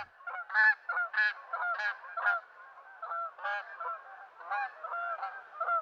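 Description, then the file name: Canada goose honking, a run of loud nasal honks from several birds, irregular and overlapping. "canada-goose"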